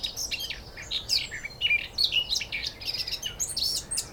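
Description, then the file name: Eurasian blackcap producing a busy, jumbled warble of high chirps and short sweeping notes, steady throughout. "Sylvia atricapilla"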